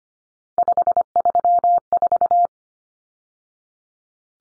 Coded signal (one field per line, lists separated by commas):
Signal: Morse code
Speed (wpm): 25 wpm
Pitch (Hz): 700 Hz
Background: none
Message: 534